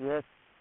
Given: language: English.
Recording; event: throat vibration sensor signal played as sound; speech